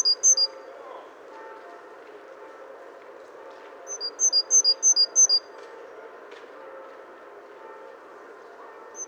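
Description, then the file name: Great tit song, bright two-note units alternating high and low, one short phrase at the start and a longer phrase midway, over a steady low hum. "Parus major"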